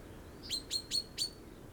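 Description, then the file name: Common chaffinch calls: four short sharp chinks in quick succession, each a brief downward-sweeping note with a steady high tone, over faint background hiss. "Fringilla coelebs"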